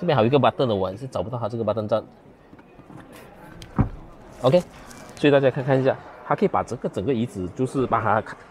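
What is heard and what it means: A man talks while searching for the release button on the locked rear Ultra Seat of a 2019 Honda Jazz (Fit). Two sharp clicks at 3.6 s and 3.8 s come from the rear seat latch in the car seat frame releasing, so the seat can be opened or folded. He then keeps talking.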